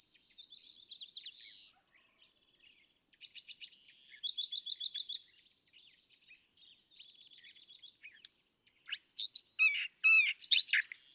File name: California Thrasher